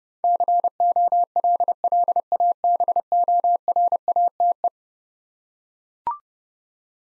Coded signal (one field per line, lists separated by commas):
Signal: Morse code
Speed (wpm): 30 wpm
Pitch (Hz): 700 Hz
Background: none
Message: COLLABORATE